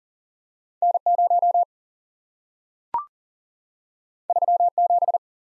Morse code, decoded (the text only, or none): N0 37